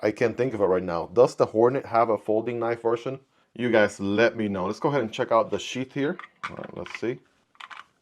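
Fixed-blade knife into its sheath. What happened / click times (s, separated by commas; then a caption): The blade is being handled at the sheath but has not clicked home yet / none. Someone talks for most of the clip about a Kizer Hornet fixed-blade knife and its molded sheath, then a few faint, brief handling ticks come near 7.6 s and 7.8 s. The knife has not yet been pushed home, and nothing has seated or clicked into the sheath yet.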